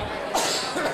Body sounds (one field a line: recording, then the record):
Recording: coughing mixed with background sound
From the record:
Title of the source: Spring Allergy Coughing